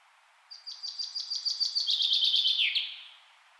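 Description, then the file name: Common chaffinch song, a single cascading phrase of chips that descends in steps and finishes with a brief emphatic flourish. "Fringilla coelebs"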